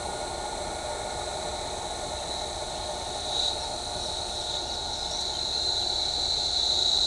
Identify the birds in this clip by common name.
none